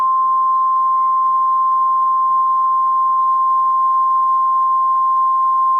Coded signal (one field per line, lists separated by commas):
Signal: Emergency Alert System (SAME) tones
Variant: 1050 Hz attention tone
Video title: (2x HEADER) EAS #672/673: Tornado Warning/Severe Thunderstorm Warning (5/19/2013)